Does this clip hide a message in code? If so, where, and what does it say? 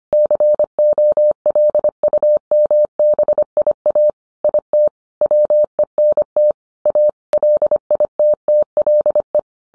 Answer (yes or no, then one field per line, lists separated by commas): yes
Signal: Morse code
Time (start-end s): 0.1-9.4 s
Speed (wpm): 25 wpm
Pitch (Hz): 600 Hz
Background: none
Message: COLUMBIA IT WENT A LITTLE